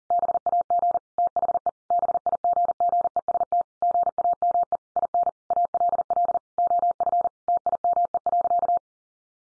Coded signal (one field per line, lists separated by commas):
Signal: Morse code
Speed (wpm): 37 wpm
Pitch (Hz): 700 Hz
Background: none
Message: BAG THE BIGGEST GAME IN ALL OF TIME.